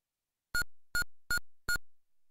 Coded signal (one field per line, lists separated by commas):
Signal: none